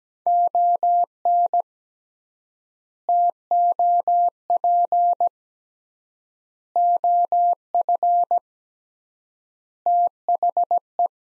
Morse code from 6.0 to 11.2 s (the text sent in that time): OF THE